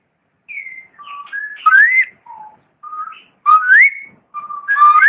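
Long-tailed shrike singing short whistled phrases, with steady notes and upward-sweeping slurs delivered in brief bursts with gaps between them.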